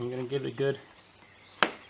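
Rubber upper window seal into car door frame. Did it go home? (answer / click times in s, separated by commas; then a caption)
yes / 1.6 s. Someone talks while the upper rubber door window seal on an XK8 coupe is pushed firmly into its mounting in the car door frame. A single sharp pop is heard at 1.6 seconds as the seal snaps into position and is seated.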